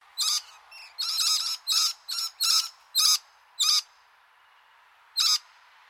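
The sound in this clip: Scaly-breasted lorikeet giving a burst of harsh, screechy notes in quick succession, then a pause and one final shrill screech.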